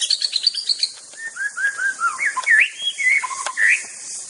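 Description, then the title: White-rumped shama song of looping, bending whistles and quick chirped notes following one another without pause, an insect buzz steady in the background. Wild bird from the forest. "Suara burung murai batu asli hutan"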